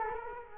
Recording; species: mosquito wingbeat signal from an infrared sensor; Culex quinquefasciatus